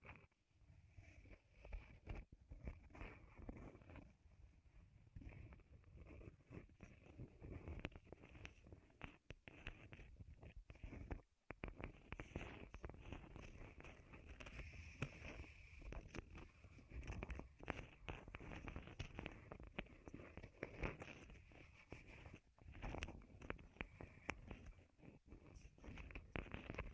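Wooden trigger sounds fill the clip: quick taps, clicks and scratchy rubbing arrive densely and irregularly over a steady soft rustle. The sound stays low and full with a bright crisp edge, pausing briefly near the eleven-second mark before continuing.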